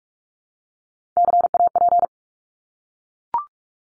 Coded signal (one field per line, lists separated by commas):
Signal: Morse code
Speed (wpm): 44 wpm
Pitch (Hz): 700 Hz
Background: none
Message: CAP